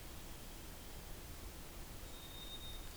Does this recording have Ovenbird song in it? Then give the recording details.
no. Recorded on 2 June 2016 at 07:14. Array SBT-3-7